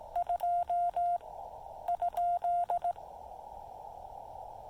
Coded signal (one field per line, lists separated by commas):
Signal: Morse code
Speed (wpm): 18 wpm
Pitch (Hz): 690 Hz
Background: none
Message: 2?